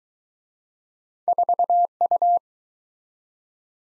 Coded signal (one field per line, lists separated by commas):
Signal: Morse code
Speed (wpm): 19 wpm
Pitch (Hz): 700 Hz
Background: none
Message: 4U